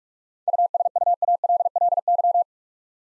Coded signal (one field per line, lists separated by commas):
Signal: Morse code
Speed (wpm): 42 wpm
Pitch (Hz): 700 Hz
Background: none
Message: USUALLY